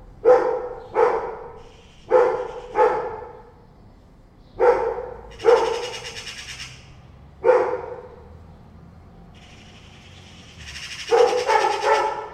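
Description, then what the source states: Dog barking: several short, sharp barks, often in pairs, with harsh chattering calls in between. Dog reacting to two cats meowing at each other, with two magpies also present and concerned.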